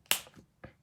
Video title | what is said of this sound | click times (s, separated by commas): Shaded Summer, Alcohol Blends on Vellum and Pretty Pumpkins in a book binding style. | Hear that click, because that keeps that alcohol flowing. | 0.1 s